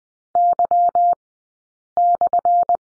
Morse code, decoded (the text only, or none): Y/